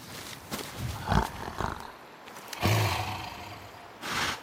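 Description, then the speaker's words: Siberian tiger rubbing its face on a camera: irregular soft scraping, rustling and dull thumps in bursts, with quieter gaps between them. Wild tiger rubbing its face against a hidden camera in the wildest part of eastern Russia; one of the rarest big cats, about 500 left. "That is the sound of one of the rarest big cats in the world rubbing its face against a hidden camera."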